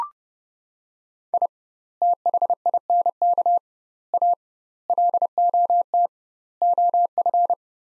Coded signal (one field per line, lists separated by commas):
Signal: Morse code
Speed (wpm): 30 wpm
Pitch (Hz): 700 Hz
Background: none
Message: I THINK A LOT OF